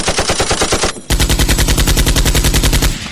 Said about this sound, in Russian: В уши ударил стрекот крупнокалиберного пулемета, и тут же рядом пронеслись пули.